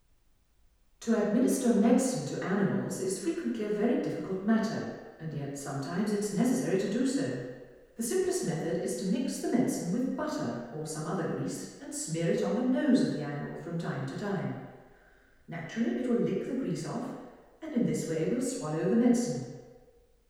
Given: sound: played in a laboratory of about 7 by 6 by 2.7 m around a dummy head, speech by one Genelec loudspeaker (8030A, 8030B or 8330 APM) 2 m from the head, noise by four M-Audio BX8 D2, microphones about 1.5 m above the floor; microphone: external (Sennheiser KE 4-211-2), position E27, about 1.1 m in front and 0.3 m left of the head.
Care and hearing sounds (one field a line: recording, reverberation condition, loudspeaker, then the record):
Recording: female speech in English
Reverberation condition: high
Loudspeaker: 120 degrees to the left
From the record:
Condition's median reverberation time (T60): about 1300 ms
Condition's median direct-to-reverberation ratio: about -4.0 dB